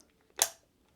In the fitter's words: and it clicks into place